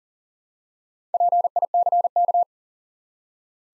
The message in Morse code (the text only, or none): PICK